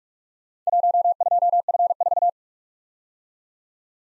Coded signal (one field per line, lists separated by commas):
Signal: Morse code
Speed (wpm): 44 wpm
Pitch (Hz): 700 Hz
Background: none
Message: 12F4